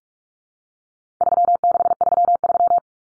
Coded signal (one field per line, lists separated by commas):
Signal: Morse code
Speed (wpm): 44 wpm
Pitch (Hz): 700 Hz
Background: none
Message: 3633